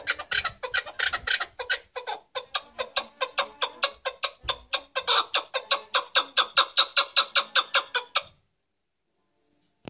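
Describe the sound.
Partridge calling in a fast, rhythmic run of grating notes. The run starts dense, grows evenly spaced, then stops abruptly, leaving silence.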